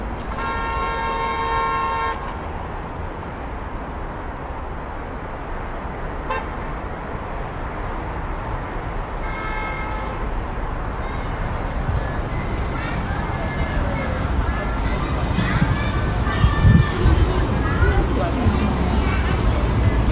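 A summer old street with a steady city murmur and low traffic rumble throughout. A horn-like tone sounds for the first two seconds and again near ten seconds, with a brief click around six seconds. Scattered voices and clatter thicken toward the end.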